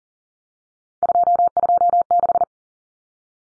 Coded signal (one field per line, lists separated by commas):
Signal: Morse code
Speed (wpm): 40 wpm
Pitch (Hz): 700 Hz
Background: none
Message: 226